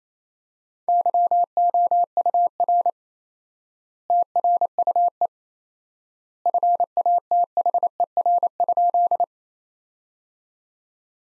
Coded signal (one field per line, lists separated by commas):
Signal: Morse code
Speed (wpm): 28 wpm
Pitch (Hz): 700 Hz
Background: none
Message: YOUR TRUE FATHER?